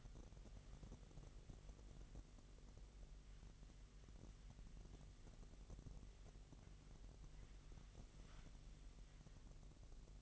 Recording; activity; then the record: daily activity, microphone in the room; wipe stove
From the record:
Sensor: 4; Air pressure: 1001.6 hPa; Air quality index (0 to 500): 246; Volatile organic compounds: 40 ppm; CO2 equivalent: 3142 ppm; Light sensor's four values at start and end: 8/19/7/7 and 8/18/7/6